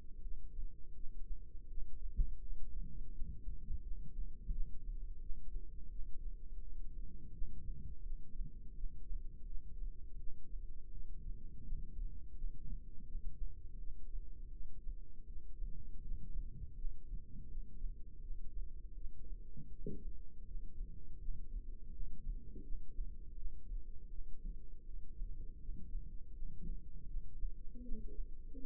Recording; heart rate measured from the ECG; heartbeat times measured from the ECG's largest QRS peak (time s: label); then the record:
heart sounds by microphone in the left ear; 83 bpm
0.21 s: heartbeat
0.93 s: heartbeat
1.67 s: heartbeat
2.40 s: heartbeat
3.11 s: heartbeat
3.81 s: heartbeat
4.50 s: heartbeat
5.19 s: heartbeat
5.89 s: heartbeat
6.60 s: heartbeat
7.31 s: heartbeat
8.03 s: heartbeat
8.73 s: heartbeat
9.45 s: heartbeat
10.17 s: heartbeat
10.90 s: heartbeat
11.62 s: heartbeat
12.34 s: heartbeat
13.05 s: heartbeat
13.77 s: heartbeat
14.50 s: heartbeat
15.25 s: heartbeat
16.01 s: heartbeat
16.74 s: heartbeat
17.47 s: heartbeat
18.20 s: heartbeat
18.94 s: heartbeat
19.69 s: heartbeat
20.44 s: heartbeat
21.18 s: heartbeat
21.90 s: heartbeat
22.62 s: heartbeat
23.34 s: heartbeat
24.08 s: heartbeat
24.83 s: heartbeat
25.58 s: heartbeat
26.32 s: heartbeat
27.05 s: heartbeat
27.81 s: heartbeat
28.57 s: heartbeat
From the record:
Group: healthy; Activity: rest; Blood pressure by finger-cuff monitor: 116/94 mmHg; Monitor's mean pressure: 105 mmHg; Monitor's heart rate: 83 bpm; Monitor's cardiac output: 4.7 L/min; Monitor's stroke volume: 57 mL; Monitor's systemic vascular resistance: 1630 dyn s/cm5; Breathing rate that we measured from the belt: 13 breaths a minute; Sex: female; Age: 51 years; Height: 162 cm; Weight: 70.04 kg